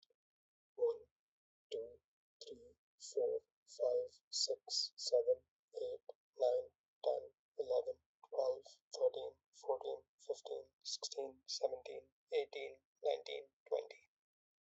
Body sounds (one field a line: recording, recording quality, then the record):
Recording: counting at a normal pace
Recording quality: excellent, no background noise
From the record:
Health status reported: healthy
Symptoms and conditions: none ticked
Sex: male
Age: 22 years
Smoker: not ticked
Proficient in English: yes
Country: Canada